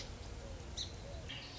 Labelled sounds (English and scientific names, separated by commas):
Song Sparrow (Melospiza melodia)